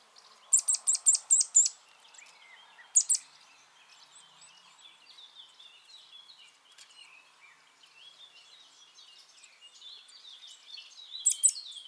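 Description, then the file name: Eurasian nuthatch calling with a quick run of high sharp notes and a single note, then soft background twittering before a final short burst. "Sitta europaea"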